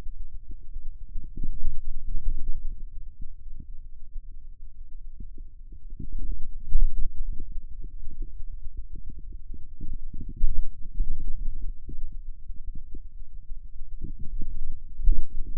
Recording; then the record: forearm muscle sounds (acoustic myography)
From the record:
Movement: radial deviation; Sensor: system 2, bracelet of six BSWA MPA416 microphones around the upper forearm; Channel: 5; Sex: male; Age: 22 years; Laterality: right